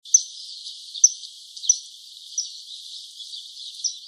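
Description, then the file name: Common kingfisher giving thin, piercing high whistles, repeated roughly every second, with faint softer chirps in between. "kawasemi"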